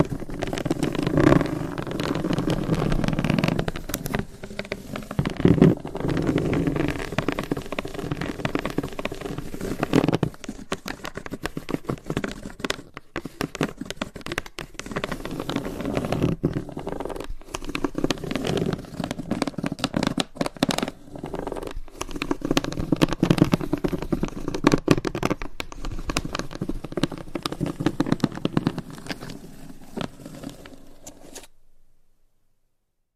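Long nails tap and scratch on hollow boxes in a dense, busy stream of clicks and rasping strokes. The scratching swells into thicker, fuller passages around five to eight seconds and again near twenty-five, with brief pauses between bursts before the sound stops just past thirty seconds.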